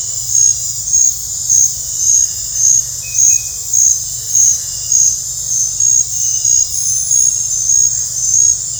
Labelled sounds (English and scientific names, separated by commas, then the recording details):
none
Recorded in dense forest near Puerto Asís, Putumayo, Colombia, on 20 December 2024 at 22:00
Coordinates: 0.468, -76.322
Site G071